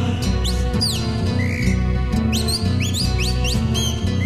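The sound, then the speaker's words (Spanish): A chalk-browed mockingbird whistles in quick, high rising and falling phrases, sounding over a steady bed of music with a low pulsing accompaniment. “Silba la calandria.”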